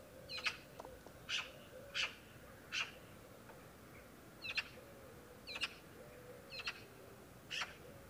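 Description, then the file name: Eurasian magpie giving short harsh chak notes, about eight spaced irregularly roughly a second apart, over a faint low hum. "Pica pica"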